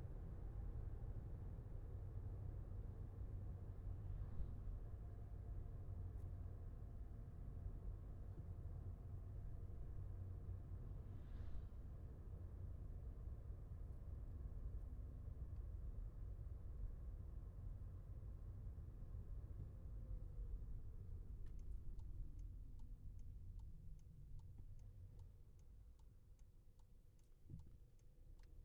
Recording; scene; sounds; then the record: everyday scene through a hearing-aid microphone; in a vehicle; engine, highway driving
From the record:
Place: Skoda Fabia, gasoline engine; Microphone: behind the ear, left, front